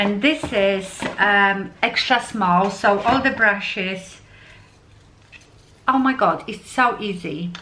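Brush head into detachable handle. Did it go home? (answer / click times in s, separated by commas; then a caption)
no / none. An interchangeable brush head is being fitted onto its detachable handle while someone talks, with a quiet stretch of faint handling in the middle. The clip ends before the head is fully home, so nothing has clicked or seated yet.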